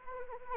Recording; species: mosquito wingbeat signal from an infrared sensor; Anopheles arabiensis